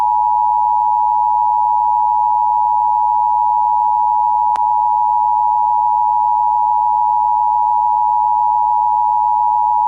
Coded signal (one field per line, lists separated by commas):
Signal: Emergency Alert System (SAME) tones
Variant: 853 and 960 Hz attention tone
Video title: 31 New EAS Alarm Requested By @MontyMoleIsBack